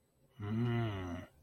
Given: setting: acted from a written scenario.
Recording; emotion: vocal sound without words; desire